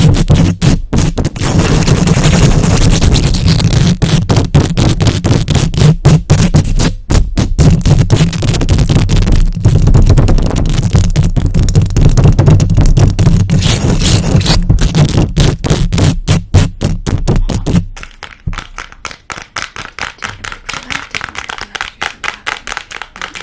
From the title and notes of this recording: ASMR Mic Scratching & Tapping, Fast and Aggressive, for Sleep, mic triggers, rubbing, long nails.